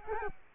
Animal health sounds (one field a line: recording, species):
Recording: mosquito wingbeat signal from an infrared sensor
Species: Culex quinquefasciatus